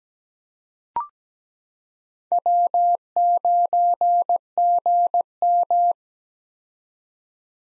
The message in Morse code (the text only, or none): W9GM